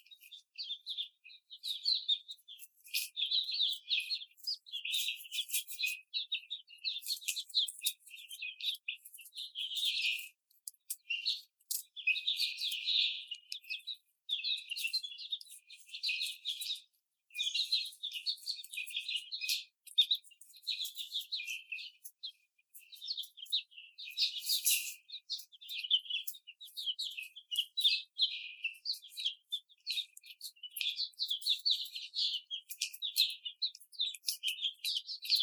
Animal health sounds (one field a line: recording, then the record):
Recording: young laying hens in a cage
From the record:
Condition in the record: after the stressor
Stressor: simulated dog barking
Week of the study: 4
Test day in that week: 2